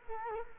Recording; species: mosquito wingbeat signal from an infrared sensor; Culex quinquefasciatus